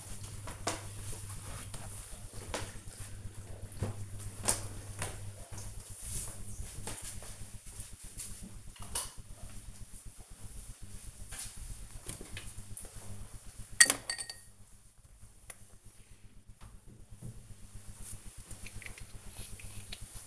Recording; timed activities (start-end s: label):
household activities, microphone on the right wrist
12.11-20.27 s: brushing teeth